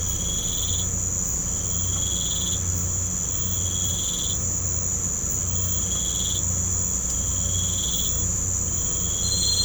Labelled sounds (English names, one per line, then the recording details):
none
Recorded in pastures near Puerto Asís, Putumayo, Colombia, on 16 December 2024 at 05:30
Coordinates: 0.505, -76.324
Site G063